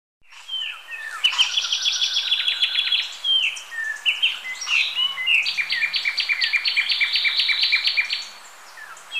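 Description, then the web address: Sepia-brown wren song, a fast run of rattling, chattering notes with high trilled phrases and bouncy repeated syllables. Ecuador. "Natures Songs S America Birds of Ecuador Sepia-brown Wren"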